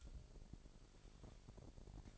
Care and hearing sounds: daily activity, microphone in the room; take from stove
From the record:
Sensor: 5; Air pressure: 1012.1 hPa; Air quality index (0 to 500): 239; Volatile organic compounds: 4 ppm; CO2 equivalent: 1587 ppm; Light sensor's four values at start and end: 42/95/41/44 and 43/98/42/45

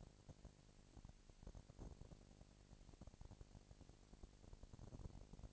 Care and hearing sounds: daily activity, microphone in the room; no activity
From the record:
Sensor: 5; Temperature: 19.8 degrees Celsius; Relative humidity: 36.7%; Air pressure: 997.0 hPa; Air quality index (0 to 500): 169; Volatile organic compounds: 14 ppm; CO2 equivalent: 2441 ppm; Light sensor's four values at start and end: 2/3/1/1 and 2/3/1/1

